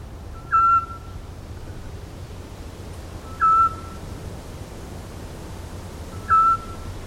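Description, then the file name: Eurasian scops owl calling with clear, brief piping whistles at an even pace, roughly one every three seconds, with a faint low background hum. "zwergohreule"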